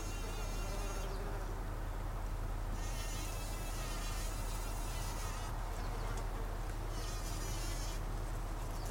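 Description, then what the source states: Bumblebee buzz, a steady low droning hum running through the whole stretch with faint higher overtones and intermittent hiss above. Recorded 26 August 2012.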